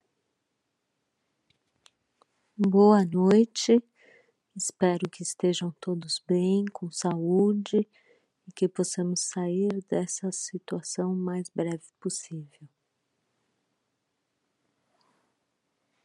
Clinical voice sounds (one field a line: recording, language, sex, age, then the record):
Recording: spoken sentence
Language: Brazilian Portuguese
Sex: female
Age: 50 to 59 years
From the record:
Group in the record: control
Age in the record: 51 years